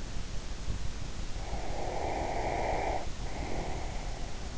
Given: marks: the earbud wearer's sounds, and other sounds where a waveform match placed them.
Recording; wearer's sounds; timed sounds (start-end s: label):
sounds in sleep by an in-ear microphone; breath
1.31-4.17 s: breath